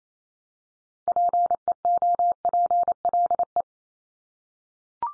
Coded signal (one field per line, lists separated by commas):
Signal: Morse code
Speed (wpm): 28 wpm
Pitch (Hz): 700 Hz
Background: none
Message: PEOPLE